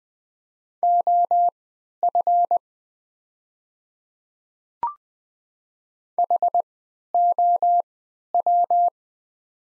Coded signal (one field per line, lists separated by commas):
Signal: Morse code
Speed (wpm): 20 wpm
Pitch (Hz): 700 Hz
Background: none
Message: OF HOW